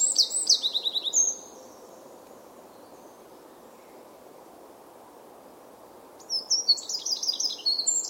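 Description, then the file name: Eurasian wren song fragments: a quick high trill at the start, a long quiet pause, then another rapid high-pitched burst begins near the end. "Troglodytes troglodytes"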